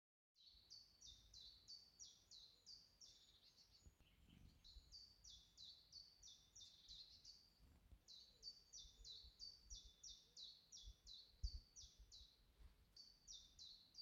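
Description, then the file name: Bird gives high, thin notes in a rapid series, pausing briefly between runs. "hvilken fugl"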